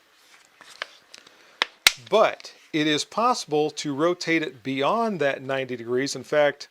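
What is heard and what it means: The barrel and receiver section of a Gen 3 Sub 2000 folding carbine is rotated about 90 degrees from the folded position and pushed to lock into the firing position, with a few faint ticks first. Two sharp snaps at 1.6 s and 1.9 s mark it locking into place, a lock that on the Gen 3 is more positive and takes more effort. Someone then talks.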